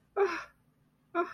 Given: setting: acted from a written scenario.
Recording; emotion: vocal sound without words; distress